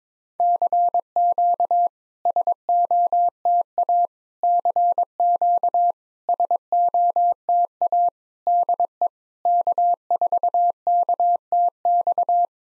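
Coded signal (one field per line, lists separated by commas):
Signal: Morse code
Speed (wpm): 22 wpm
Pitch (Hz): 700 Hz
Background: none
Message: CQ SOTA CQ SOTA DE K4KTX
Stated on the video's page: Generated Morse at 22wpm of SOTA summit QSO exchanges for practice, each sent, spoken, then sent again.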